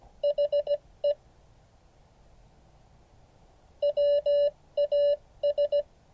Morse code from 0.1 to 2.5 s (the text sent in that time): HE